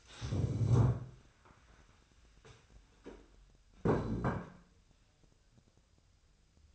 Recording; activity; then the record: daily activity, microphone in the room; stand up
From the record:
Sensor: 2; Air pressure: 1015.1 hPa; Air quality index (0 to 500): 150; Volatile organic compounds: 6 ppm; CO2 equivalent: 1934 ppm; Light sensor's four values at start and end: 13/34/13/15 and 13/34/13/15